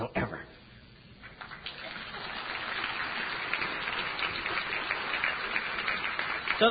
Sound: applause